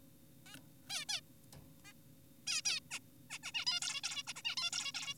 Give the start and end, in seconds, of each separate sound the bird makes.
0.46-0.56, 0.90-1.05, 1.09-1.21, 1.85-1.93, 2.47-2.62, 2.65-2.80, 2.91-2.99, 3.30-3.39, 3.43-3.52, 3.54-3.65, 3.67-3.80, 3.82-4.02, 4.04-4.23, 4.27-4.34, 4.36-4.42, 4.45-4.56, 4.57-4.70, 4.73-4.92, 4.94-5.14